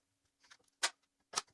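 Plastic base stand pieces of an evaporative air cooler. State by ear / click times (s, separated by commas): seated / 0.8 s, 1.4 s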